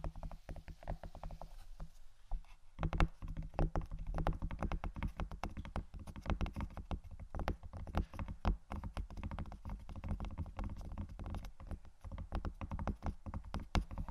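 Wooden items are tapped and scratched in a quick, uneven stream of sharp knocks. After a quieter first two seconds, the clicks and raps come densely and irregularly, a few louder strikes standing out, over a low steady hum underneath.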